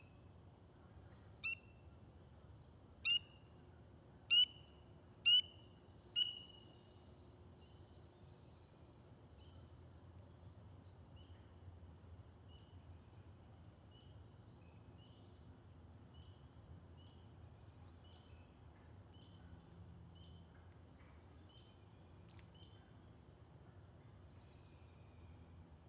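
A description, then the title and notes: Spring peepers call with sharp, high single peeps, five loud ones spaced about a second apart in the first six seconds. After that, fainter peeps keep coming every second or so over a steady low rumble that runs the whole way through. Friday Night, Peepers, Woodcocks & Trains. Recorded in West Kingstown, Rhode Island on Liberty Road near the Great Swamp. Peepers and all the other critters came out.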